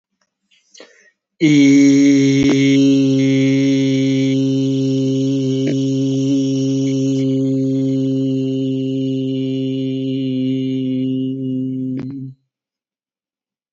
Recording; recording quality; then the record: sustained vowel as in beet; excellent, no background noise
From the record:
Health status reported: healthy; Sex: male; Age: 44 years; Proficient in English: yes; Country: India